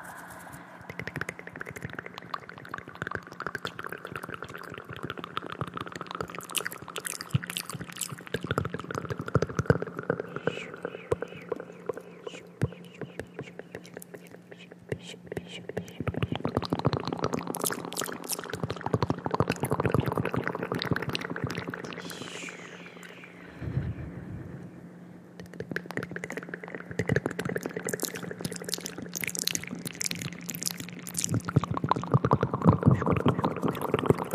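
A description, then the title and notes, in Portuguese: Wet mouth sounds click and smack in dense, irregular bursts, with a steady low hum underneath and a brief quiet gap near 24 seconds. ASMR COM ECO: SONS DE BOCA INFINITOS. ASMR intenso com sons de boca molhados.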